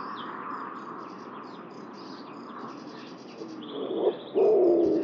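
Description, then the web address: Bird with one low hollow coo at the end, after a stretch of high chirps and twitters from small birds. "cianscape birddata Deverinetal 2025 Bird Only"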